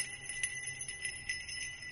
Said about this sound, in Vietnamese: Bất chợt, ông Thập nghe tiếng chuông đang leng keng phát ra ở đâu. Ông nghe kỹ thì nhận ra là tiếng chuông phát ra ở ngay trước mặt.